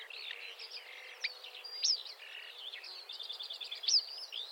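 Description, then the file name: Marsh warbler song, a continuous rapid jumble of varied twittering and scratchy notes with a few sharp, high chips standing out. "suara kicauan burung marsh warbler. omkicau"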